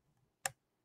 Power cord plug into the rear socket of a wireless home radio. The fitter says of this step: you know not plugged in so it's really good connection I can feel it click maybe you can hear it